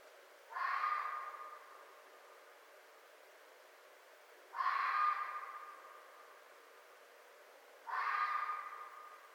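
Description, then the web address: Red fox calling with three raspy barks spaced about three and a half seconds apart, each tapering into a hoarse tail, in quiet surroundings. Recorded 4 May 2011. "Red Fox 2011 05 04 Red Fox"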